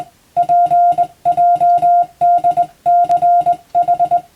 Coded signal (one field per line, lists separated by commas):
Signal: Morse code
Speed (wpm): 20 wpm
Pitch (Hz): 700 Hz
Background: music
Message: PJDCH